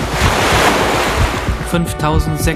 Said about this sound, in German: Lasse ich den Film auf Dauer-Repeat laufen. Das Meeresrauschen setzt ein.